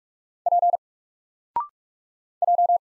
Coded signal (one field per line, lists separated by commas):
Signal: Morse code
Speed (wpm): 48 wpm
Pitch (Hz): 700 Hz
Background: none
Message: P J